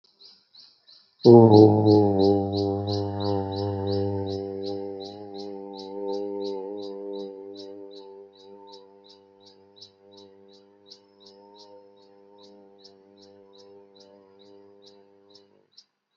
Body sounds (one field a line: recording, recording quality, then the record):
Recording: sustained vowel as in boot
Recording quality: moderate, slight background noise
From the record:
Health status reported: healthy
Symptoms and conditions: none ticked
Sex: male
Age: 59 years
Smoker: not ticked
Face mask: not worn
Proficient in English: yes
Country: India